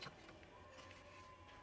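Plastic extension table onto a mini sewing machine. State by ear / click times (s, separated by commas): not seated / none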